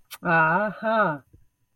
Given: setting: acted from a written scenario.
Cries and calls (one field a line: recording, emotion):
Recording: vocal sound without words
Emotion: pride